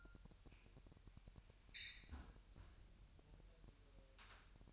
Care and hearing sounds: daily activity, microphone in the room; close fridge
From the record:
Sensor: 2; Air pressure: 1001.8 hPa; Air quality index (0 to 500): 250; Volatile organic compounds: 40 ppm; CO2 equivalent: 3144 ppm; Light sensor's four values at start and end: 8/28/11/10 and 8/28/11/10

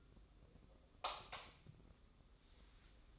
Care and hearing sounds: daily activity, microphone in the room; light off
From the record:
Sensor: 3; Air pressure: 995.3 hPa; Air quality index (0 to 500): 81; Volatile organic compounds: 6 ppm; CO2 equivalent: 1930 ppm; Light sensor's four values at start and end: 12/30/12/12 and 9/21/8/8

